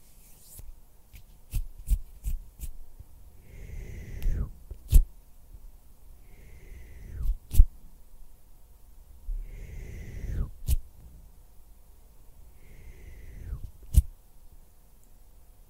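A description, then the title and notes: Hand and mouth sounds: sharp clicks and taps scattered through the clip, with four breathy, rushing swells near 4, 7, 10 and 13 seconds that each carry a falling whistle-like tone. A sharp snap closes each swell, and a faint low hum runs underneath. Hand sounds, finger fluttering, mouth sounds.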